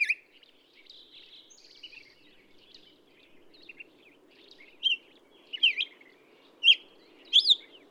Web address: birdsongforthecurious Black-headed Grosbeak